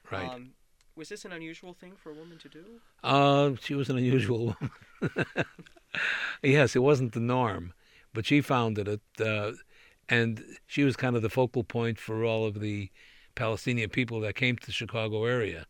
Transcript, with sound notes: Right.
Was this an unusual thing for a woman to do?
Uh, she was an unusual woman. [Laughs] Yes, it wasn't the norm. But she founded it, and she was kind of the focal point for all of the Palestinian people that came to the Chicago area.